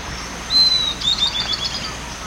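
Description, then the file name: Bird call: a thin, high, level whistle, then a quick string of short high notes over steady background hiss. "SABIOD"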